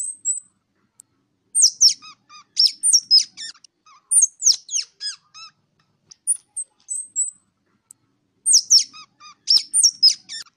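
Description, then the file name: Ground squirrel calls, very high sharp chirps and squeaks in quick bursts with short descending trills, repeated after pauses of a few seconds. "Tieng Soc Dat keu"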